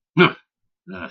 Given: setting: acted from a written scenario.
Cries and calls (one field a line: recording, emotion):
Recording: vocal sound without words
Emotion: contempt